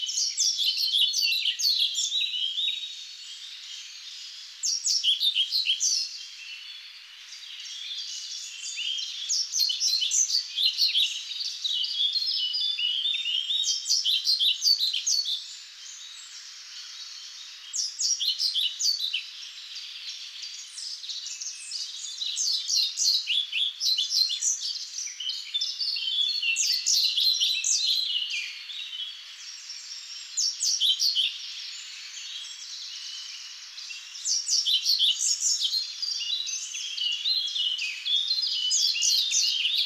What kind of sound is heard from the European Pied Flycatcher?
song